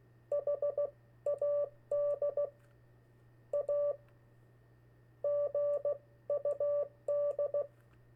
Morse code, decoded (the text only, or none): HAD A GUD